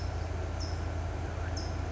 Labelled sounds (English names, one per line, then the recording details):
California Towhee
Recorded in Sonoma County, California